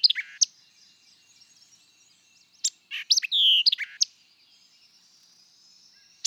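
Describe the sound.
White-eyed vireo singing a crisp phrase of chips around a falling whistle, with a thin rising whistle in the background afterwards.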